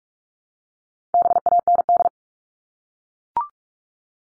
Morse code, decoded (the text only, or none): BAND